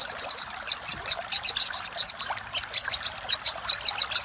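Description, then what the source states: Little spiderhunter song: bright, piercing chirps repeated in a quick series. Master audio for training cage birds; labaik style.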